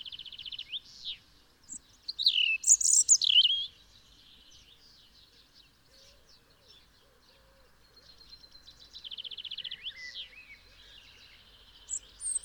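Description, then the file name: European robin song: short, high, thin warbling phrases with rapid trills and sliding whistles, a loud burst around two to four seconds, then quieter phrases after pauses. "Erithacus rubecula"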